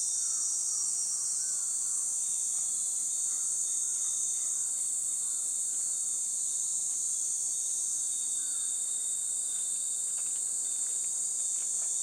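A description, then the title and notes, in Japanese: Cicadas shrill without a break for the whole clip, a dense, bright, unchanging drone that sits high and loud over everything. Underneath, a low, faint hiss stays in the background, with a few soft, brief tones surfacing now and then. 蝉と風鈴 07:30pm (HPL5 バイノーラル)。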